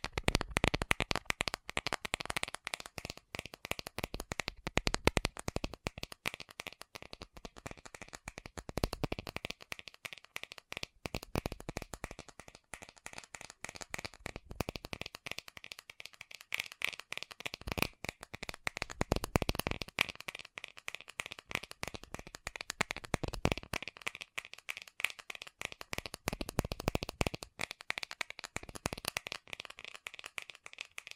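Fast tapping runs dense and unbroken for the whole stretch, crisp bright clicks in rapid flurries with brief thinner patches around ten and twenty-five seconds.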